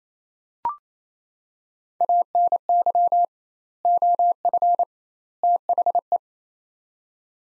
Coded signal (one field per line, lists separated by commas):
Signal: Morse code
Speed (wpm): 27 wpm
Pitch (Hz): 700 Hz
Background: none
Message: ANY OF THE